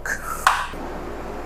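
A tool being turned on a cam gear bolt in the camshaft of a 180k-mile Miata engine slips out of the bolt head with a sharp metallic snap at 0.5 s, after a faint ringing and over a steady low hum. The bolt head cams out and is stripped.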